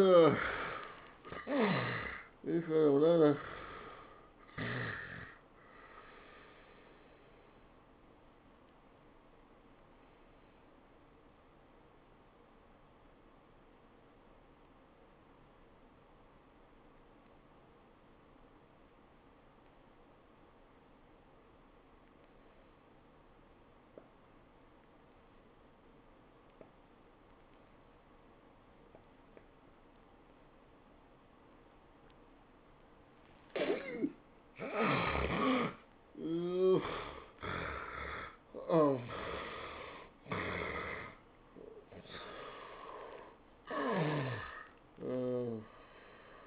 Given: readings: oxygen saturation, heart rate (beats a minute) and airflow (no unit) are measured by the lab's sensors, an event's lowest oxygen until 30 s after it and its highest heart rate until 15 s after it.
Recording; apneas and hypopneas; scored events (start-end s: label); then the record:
breathing in sleep by a voice recorder at the bedside; 1
11.00-34.40 s: obstructive apnea (N1, oxygen 98% highest, then 76% lowest, heart rate 87 at the start, 101 highest)
From the record:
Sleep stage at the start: N1 (lightest sleep); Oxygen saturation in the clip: 73 to 98%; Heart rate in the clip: 77 to 104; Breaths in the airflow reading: 7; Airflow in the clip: -18.8 to 12.6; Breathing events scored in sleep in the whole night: 403 in 5.5 hours asleep